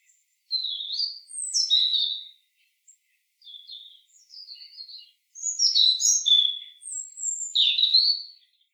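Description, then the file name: European robin delivering several high, tinkling warbled phrases with sliding whistles, a quieter twittering middle section, then louder bright notes rising and falling. "Erithacus rubecula"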